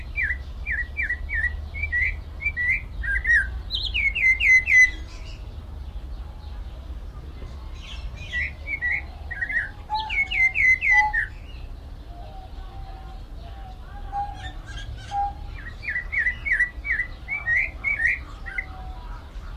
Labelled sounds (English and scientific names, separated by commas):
Snowy-crowned Robin-Chat (Cossypha niveicapilla) song